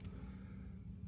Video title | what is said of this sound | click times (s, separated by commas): Ghost 1st Steel Legion review | All right, see that? It snaps right in there. | 0.0 s